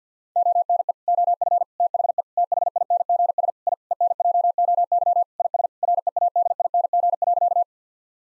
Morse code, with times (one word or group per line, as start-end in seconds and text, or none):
0.4-0.9 ONE
1.1-1.6 OF
1.8-2.2 THE
2.4-3.5 THINGS
3.7-3.7 I
3.9-5.2 ENJOY
5.4-5.7 IS
5.8-7.6 READING.